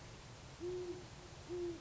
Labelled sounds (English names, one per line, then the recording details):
Great Horned Owl
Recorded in Sonoma County, California